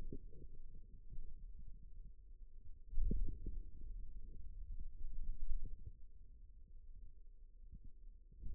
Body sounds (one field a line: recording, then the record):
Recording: forearm muscle sounds (acoustic myography)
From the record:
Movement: wrist extension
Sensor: system 2, bracelet of six BSWA MPA416 microphones around the upper forearm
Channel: 4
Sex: male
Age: 22 years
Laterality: right